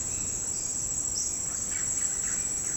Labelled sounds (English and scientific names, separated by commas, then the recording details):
Red-bellied Macaw (Orthopsittaca manilatus), Russet-backed Oropendola (Psarocolius angustifrons)
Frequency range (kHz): Russet-backed Oropendola (Psarocolius angustifrons) 0.8-4.8 kHz
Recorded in dense forest near Puerto Asís, Putumayo, Colombia, on 21 February 2024 at 07:30
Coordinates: 0.486, -76.316
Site G6437